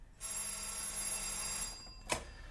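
A telephone bell rings in one long, continuous metallic trill lasting over a second, followed by a brief pause and the start of another sharp ring.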